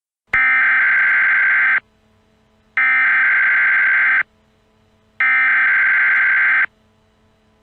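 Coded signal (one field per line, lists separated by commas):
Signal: Emergency Alert System (SAME) tones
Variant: header bursts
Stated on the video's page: Fictional EAS scenario based on a Deep Space Nine episode, tones made with an EAS Generator program.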